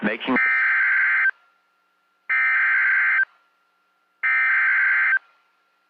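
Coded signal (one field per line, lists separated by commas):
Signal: Emergency Alert System (SAME) tones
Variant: header bursts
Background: speech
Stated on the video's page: Severe Thunderstorm Warning SAME tones from the Shreveport weather service on NOAA weather radio transmitter WXJ97.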